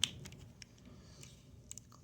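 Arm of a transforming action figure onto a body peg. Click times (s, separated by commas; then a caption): 0.0 s. The arm of a plastic Transformers Legacy Jhiaxus transforming action figure is pushed onto a peg on the body during transformation. It gives a sharp, bright click at 0.0 s as it locks into place, followed by fainter plastic ticks and handling sounds over a low background hum. The arm is seated and locked.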